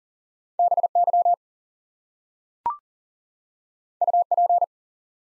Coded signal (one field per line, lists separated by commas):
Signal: Morse code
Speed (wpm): 40 wpm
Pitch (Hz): 700 Hz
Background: none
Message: BY UP